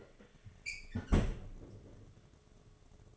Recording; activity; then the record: daily activity, microphone in the room; close fridge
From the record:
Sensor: 4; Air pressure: 1005.4 hPa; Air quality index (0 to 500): 174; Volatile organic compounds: 5 ppm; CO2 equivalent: 1714 ppm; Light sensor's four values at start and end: 6/12/5/4 and 6/13/5/4